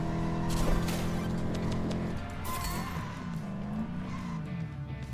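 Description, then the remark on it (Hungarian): A car in a Lego video game drives with a steady, buzzing engine drone, then the engine pitch wavers up and down while a rough, hissing skid sound rises over it, fairly loud throughout. “új cuccok, amiben be lehet szállni, és nem tudom, hogy vajon itt van egy ilyen autó.”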